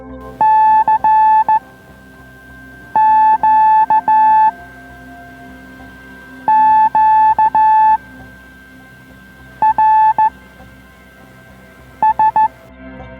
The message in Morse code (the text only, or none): CQ QRS